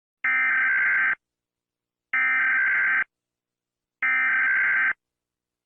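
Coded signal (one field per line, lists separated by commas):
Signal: Emergency Alert System (SAME) tones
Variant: header bursts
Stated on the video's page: Mock EAS alert based on the game Spec Ops: The Line, not a real alert.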